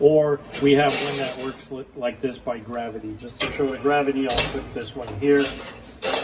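Someone talks while handling a metal gravity-type swivel lock on a washer rack bracket that will hold a scoop in place, with light metallic clatter and clinks between the words. Nothing has seated or clicked yet; the lock has not dropped into place by the end of the clip.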